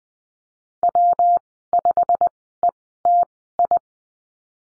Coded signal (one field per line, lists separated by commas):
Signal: Morse code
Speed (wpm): 20 wpm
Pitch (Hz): 700 Hz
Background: none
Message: W5ETI